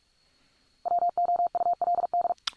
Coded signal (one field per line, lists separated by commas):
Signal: Morse code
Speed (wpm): 46 wpm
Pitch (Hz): 700 Hz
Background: none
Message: WOULD